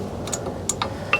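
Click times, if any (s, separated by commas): none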